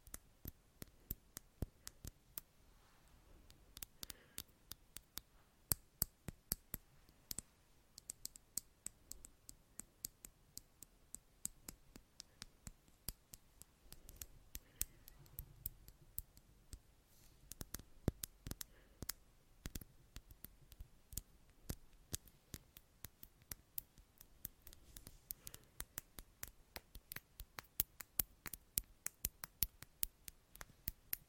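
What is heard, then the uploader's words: Intense tapping, a rapid and irregular stream of sharp, crisp clicks running nonstop for the full half minute. The taps come in dense clusters with brief thinner gaps, some hitting harder than others, over a quiet, near-silent background. ASMR INTENSE TAPPING.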